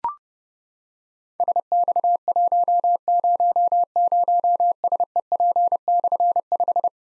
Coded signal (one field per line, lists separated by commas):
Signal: Morse code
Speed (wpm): 30 wpm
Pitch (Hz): 700 Hz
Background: none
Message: SX100SEP/5